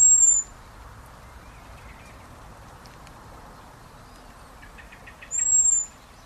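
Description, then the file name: Common blackbird calls: a thin, high, level whistle at the start and another about five seconds later. "Turdus merula"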